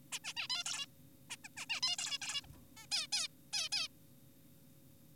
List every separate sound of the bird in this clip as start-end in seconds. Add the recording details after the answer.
0.12-0.19, 0.24-0.33, 0.37-0.47, 0.50-0.64, 0.66-0.86, 1.30-1.36, 1.44-1.49, 1.57-1.66, 1.70-1.80, 1.83-1.96, 1.99-2.19, 2.21-2.42, 2.44-2.47, 2.77-2.86, 2.92-3.07, 3.13-3.28, 3.53-3.69, 3.72-3.88. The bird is an adult. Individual g4p5U